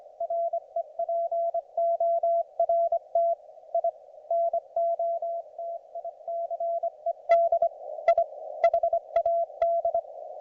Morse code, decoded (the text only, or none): REPORT I NOTICED I HAD